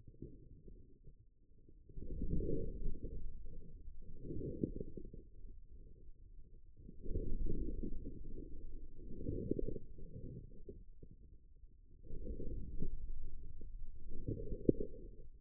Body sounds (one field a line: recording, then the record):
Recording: forearm muscle sounds (acoustic myography)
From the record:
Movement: inward rotation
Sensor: system 2, bracelet of six BSWA MPA416 microphones around the upper forearm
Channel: 6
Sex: male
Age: 22 years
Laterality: right